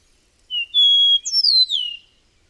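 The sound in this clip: A bird sings one short phrase: a steady high whistle, then a bright note that sweeps downward in a smooth glide.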